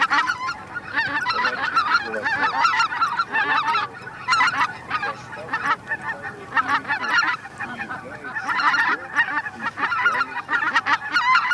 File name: Белолобый базар